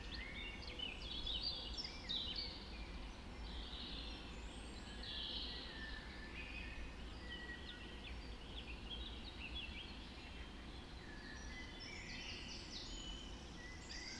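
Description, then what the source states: Birds in full dawn chorus, bursts of trilled and chirped song coming and going from several singers, steady low rumble throughout. Dawn chorus recorded just after dawn in the Forest of Dean.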